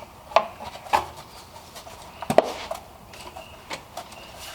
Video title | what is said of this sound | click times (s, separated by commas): 2012-2017 Honda Accord valve cover gasket (K24 engine) | it just pops right into place | 0.4 s, 2.4 s